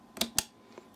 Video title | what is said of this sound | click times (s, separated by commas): Apple Mac Mini Core i7 2.7GHz Crucial Memory Upgrade & Benchmarks | and there we go you heard the click the little silver tabs | 0.2 s, 0.4 s